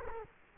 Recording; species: mosquito wingbeat signal from an infrared sensor; Culex quinquefasciatus